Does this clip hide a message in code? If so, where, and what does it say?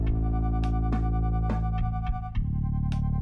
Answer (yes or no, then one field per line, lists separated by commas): no